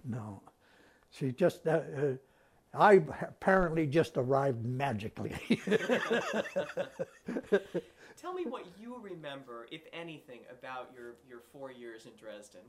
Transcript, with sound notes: No. She just — I apparently just arrived magically. [Laughs]
Tell me what you remember, if anything, about your — your four years in Dresden.